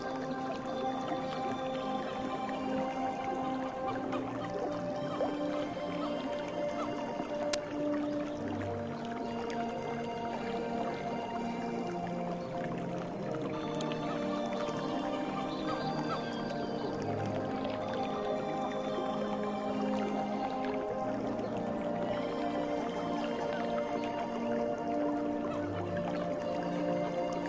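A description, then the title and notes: Soft piano music plays at an even, steady level, with held notes ringing out in layers and deep bass notes landing every few seconds. Faint watery, dripping sounds sit underneath, and a single sharp click cuts through near the eight-second mark. Soft Piano Music and Nature.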